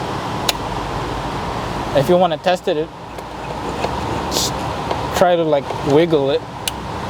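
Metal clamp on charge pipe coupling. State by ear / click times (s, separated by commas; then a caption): seated / 6.7 s. A metal spring clamp on the turbo charge pipe coupling of a BMW 335i/535i N54 engine is pushed home while someone talks over a steady background hiss, with a brief sharp tick near 0.5 s. The clamp gives a short, crisp metallic click at 6.7 s, showing it is seated.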